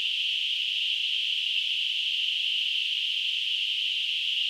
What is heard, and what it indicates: Tinnitus.